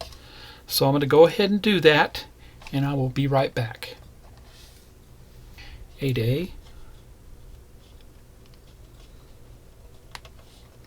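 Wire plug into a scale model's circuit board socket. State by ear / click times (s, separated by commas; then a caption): seated / 10.1 s. Someone talks while building a Ghostbusters Ecto-1 scale model, then it goes quiet as a small plastic wire connector is pushed into its socket on the model's PC board. A sharp, short click at 10.2 s marks the connector snapping into place, fully seated.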